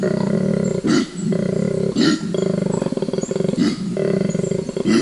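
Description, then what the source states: Koala bellow: deep, rapidly pulsed snoring phrases, each ending in a harsh wheezy intake of breath, repeated several times. Recorded at night by a forest acoustic recorder in 12-hour recordings later scanned by computer; a distinctive low-frequency call with grunts.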